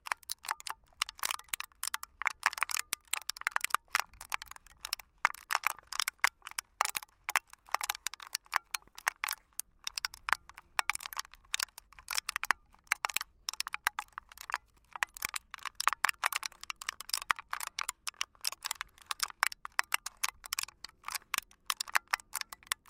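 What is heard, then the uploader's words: Empty aluminum cans are handled, giving dense, irregular bright clicks and tinny rattles throughout, with brief pauses and a faint low hum beneath. I recorded the sounds Enrico produced from manipulating empty aluminum cans. On the crest of a hill we found an almost anechoic slope, populated by dense tall grass. We wanted the recording to be “pure” – as dry and close up as possible.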